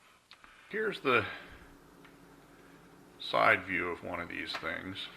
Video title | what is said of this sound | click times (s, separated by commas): Replacing Window Vent Latch | push in and it latches | 0.3 s, 0.4 s